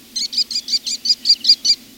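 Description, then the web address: American Kestrel calling a fast string of nine high, sharp notes, each brief and piercing, repeated at an even pace with a faint low hum beneath. "birdnote-daily- episodio american-kestrel"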